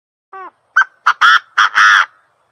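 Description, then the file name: Partridge calling: a harmonic note, then a quick sharp note and several loud, harsh calls, the last the longest. Male partridge from Thailand. "tieng ga go trong thai lan"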